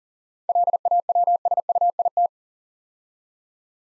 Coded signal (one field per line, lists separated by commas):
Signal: Morse code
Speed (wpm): 42 wpm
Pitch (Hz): 700 Hz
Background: none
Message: LAWSUIT